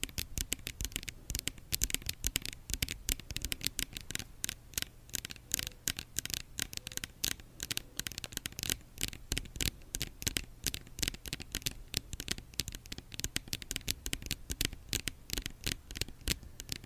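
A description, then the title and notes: ASMR tapping: quick, crisp taps on a surface, coming densely and fairly evenly for the whole clip with no breaks. Each tap is short and bright with a bit of low thud beneath, and a soft scratchy rustle sits between them. Blue yeti microphone. Asmr tapping.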